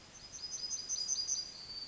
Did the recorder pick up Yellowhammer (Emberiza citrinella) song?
yes